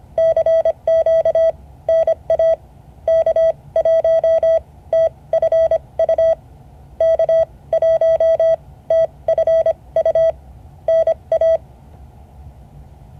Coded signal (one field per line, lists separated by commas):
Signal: Morse code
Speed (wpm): 25 wpm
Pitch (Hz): 650 Hz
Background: none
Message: CQ NA K1TFU K1TFU NA